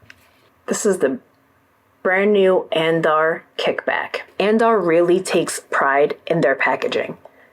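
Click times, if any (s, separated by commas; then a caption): none. Someone talks while handling the packaging box of a brand-new Andar Kickback wallet, with the lid about to close onto the box. The lid has not yet clicked shut by the end of the clip.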